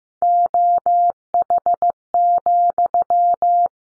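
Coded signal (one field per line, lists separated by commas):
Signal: Morse code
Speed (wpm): 15 wpm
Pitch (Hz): 700 Hz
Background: none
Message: OH,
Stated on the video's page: Morse code practice at 15 wpm: sentences built from the top 500 words, each sent in Morse, then spoken, then sent again, for head-copy training.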